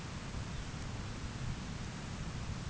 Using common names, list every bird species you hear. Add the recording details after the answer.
Snow Bunting. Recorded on Arctic tundra, site ZACK-1, on 13 June 2019. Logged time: 09:49